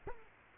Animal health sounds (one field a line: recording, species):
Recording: mosquito wingbeat signal from an infrared sensor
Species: Culex quinquefasciatus